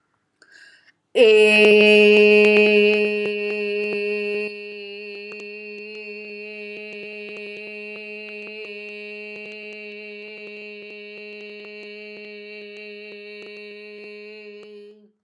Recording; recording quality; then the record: sustained vowel as in made; excellent, no background noise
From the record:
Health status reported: healthy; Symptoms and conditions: asthma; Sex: female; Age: 40 years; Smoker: not ticked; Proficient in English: yes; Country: India